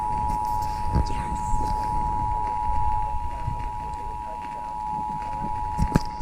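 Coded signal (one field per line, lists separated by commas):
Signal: Emergency Alert System (SAME) tones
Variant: 853 and 960 Hz attention tone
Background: speech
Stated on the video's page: Alerts captured off FM radio, caught by accident; loud.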